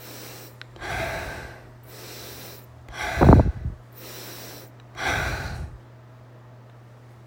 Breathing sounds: deep breathing after running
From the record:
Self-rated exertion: light exertion (2 of 6); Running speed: 6 miles an hour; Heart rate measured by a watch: 111 beats a minute at the start, 109 at the end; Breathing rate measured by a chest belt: 32 breaths a minute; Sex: female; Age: 30 years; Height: 160 cm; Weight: 51 kg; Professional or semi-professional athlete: no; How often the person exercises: 3 to 5 times a week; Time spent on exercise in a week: over 5 hours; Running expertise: no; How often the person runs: 3 to 5 times a week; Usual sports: running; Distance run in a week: 60 km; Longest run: 42 km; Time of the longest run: 267 minutes

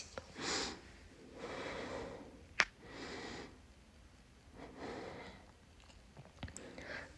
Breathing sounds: deep breathing after running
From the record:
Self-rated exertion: light exertion (2 of 6); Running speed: 5 miles an hour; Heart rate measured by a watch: 135 beats a minute at the start, 134 at the end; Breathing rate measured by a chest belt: 18 breaths a minute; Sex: female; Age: 18 years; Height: 162 cm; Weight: 62 kg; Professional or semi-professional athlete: no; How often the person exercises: 1 to 2 times a week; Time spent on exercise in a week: under 1 hour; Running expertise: no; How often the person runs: under once a week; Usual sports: walking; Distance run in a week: 2 km

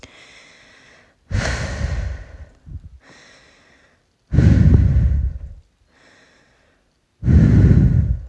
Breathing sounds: deep breathing after running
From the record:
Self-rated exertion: moderate exertion (3 of 6); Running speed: 5 miles an hour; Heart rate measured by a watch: 123 beats a minute at the start, 122 at the end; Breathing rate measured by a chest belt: 19 breaths a minute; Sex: female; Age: 18 years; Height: 171 cm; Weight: 75 kg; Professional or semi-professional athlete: no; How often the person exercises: 1 to 2 times a week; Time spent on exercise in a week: under 1 hour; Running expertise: no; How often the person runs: 1 to 2 times a week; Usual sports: running, fencing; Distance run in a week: 3 km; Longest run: 21.3 km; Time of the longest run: 190 minutes

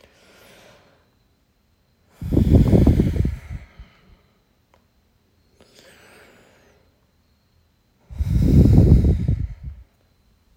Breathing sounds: deep breathing after running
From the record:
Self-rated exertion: light exertion (2 of 6); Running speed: 6 miles an hour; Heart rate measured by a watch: 113 beats a minute at the start, 110 at the end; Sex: male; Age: 23 years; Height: 172 cm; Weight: 64 kg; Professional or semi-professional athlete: yes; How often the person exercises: 3 to 5 times a week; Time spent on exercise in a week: 2 to 3 hours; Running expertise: no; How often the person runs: 1 to 2 times a week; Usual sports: running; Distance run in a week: 15 km

